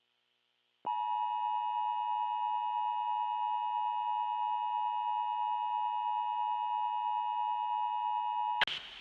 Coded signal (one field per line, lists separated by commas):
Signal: Emergency Alert System (SAME) tones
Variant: 853 and 960 Hz attention tone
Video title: EAS: Natural Disaster￼￼￼￼￼￼￼￼